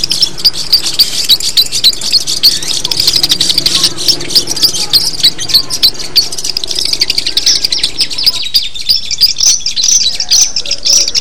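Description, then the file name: Long-tailed shrike song: dense, fast chattering and chirping notes held high, rapid and irregular throughout. Simulated songbird contest recording. "audio simulasi lomba cendet. omkicau"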